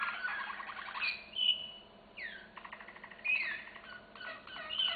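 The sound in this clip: Canary song: bright warbled phrases with fast rattling trills, sweeping downward slurs and clear whistled notes, broken by brief pauses.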